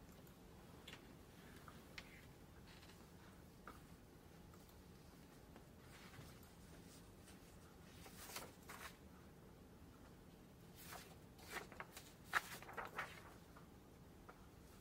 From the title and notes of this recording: Glasgow library. (university of glasgow).